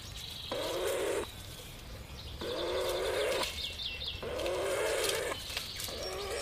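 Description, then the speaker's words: Weka calls: several rough, wavering, nasal wails of about a second each, separated by pauses of about a second, with faint higher chirps between them. Male calling both to attract his female to pass on a bit of meat and to warn a rival encroaching on his territory. "There was that one call there that fits two situations. One, he was trying to attract his female to pass on that little bit of meat."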